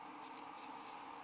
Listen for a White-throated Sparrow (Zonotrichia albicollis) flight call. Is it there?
no